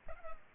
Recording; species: mosquito wingbeat signal from an infrared sensor; Culex pipiens